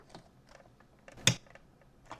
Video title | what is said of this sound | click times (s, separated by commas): Keurig Won't Turn On? Easy Fix in 5 Minutes! [THERMAL FUSE] | hear that little click. | 1.3 s